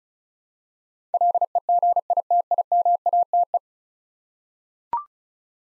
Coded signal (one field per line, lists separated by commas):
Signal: Morse code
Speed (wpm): 36 wpm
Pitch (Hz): 700 Hz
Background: none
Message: LEGITIMATE